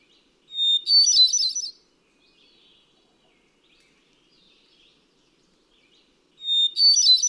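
Hermit thrush singing two fluty phrases about six seconds apart, each a pure opening whistle followed by rapid ringing higher notes, soft faint notes between.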